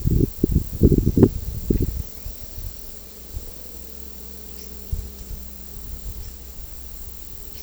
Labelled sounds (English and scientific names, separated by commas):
none